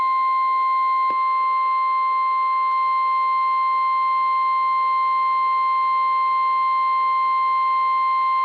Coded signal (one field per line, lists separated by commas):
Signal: Emergency Alert System (SAME) tones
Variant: 1050 Hz attention tone